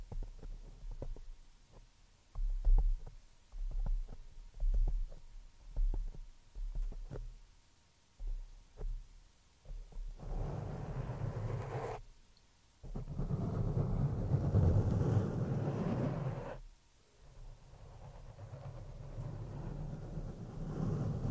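Scratching and rubbing on a microphone, with no voice. The first ten seconds bring short, irregular thumps and scrapes, some deep and booming; after that come longer, dense rumbling rubs lasting a few seconds each, with brief quiet gaps around twelve and seventeen seconds.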